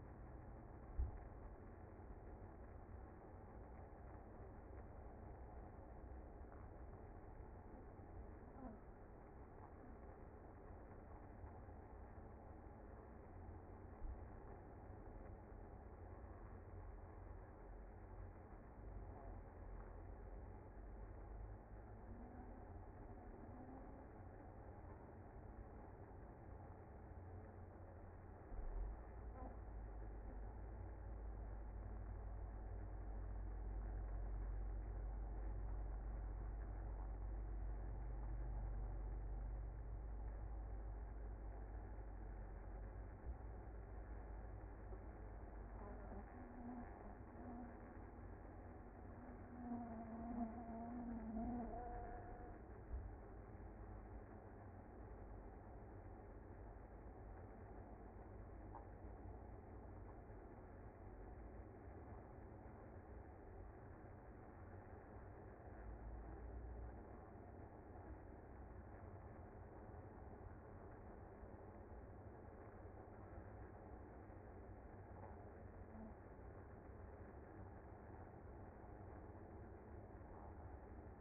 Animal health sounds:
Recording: honeybee colony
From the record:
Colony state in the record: active

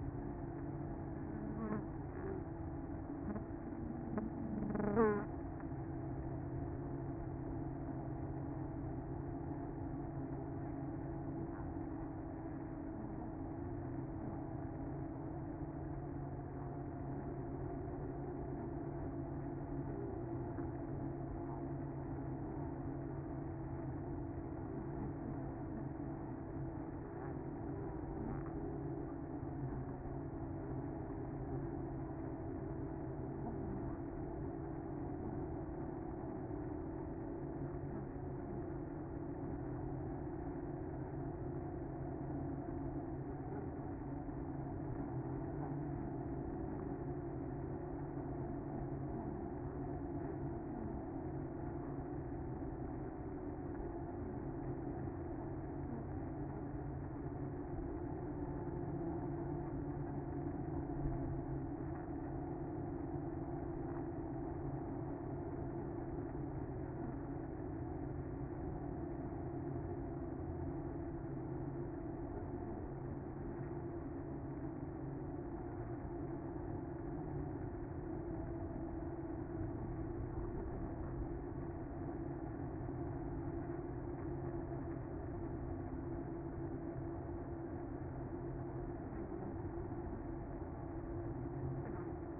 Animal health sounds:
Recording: honeybee colony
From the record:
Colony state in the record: active

